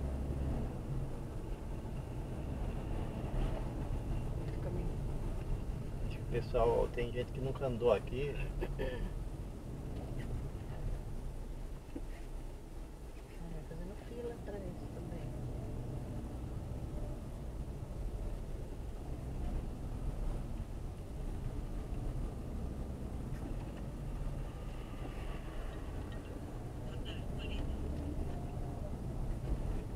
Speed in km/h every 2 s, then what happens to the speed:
20, 20, 17, 14, 11, 5, 10, 15, 13, 14, 18, 9, 13, 20, 13.
0-10 slows to 5. 10-13 speeds up to 15. 13-19 steady at about 14. 23-25 speeds up to 20. 27-30 brakes to 13.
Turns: none.